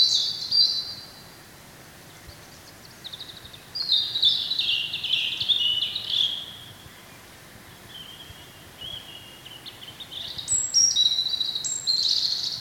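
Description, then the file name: European robin singing several high, sweet warbled phrases with pauses between them, mixing drawn-out whistles, rapid trills and sharp high notes, with soft background hiss. "Erithacus rubecula"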